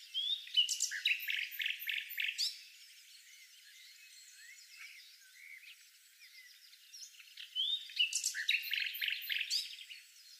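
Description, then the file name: Common nightingale song: two loud phrases of fast, stuttering repeated notes and sharp chirps, separated by quieter twittering. "Luscinia megarhynchos"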